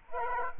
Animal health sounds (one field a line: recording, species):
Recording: mosquito wingbeat signal from an infrared sensor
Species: Culex quinquefasciatus